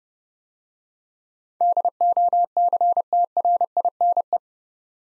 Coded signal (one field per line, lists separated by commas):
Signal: Morse code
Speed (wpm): 30 wpm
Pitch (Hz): 700 Hz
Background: none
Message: DOCTRINE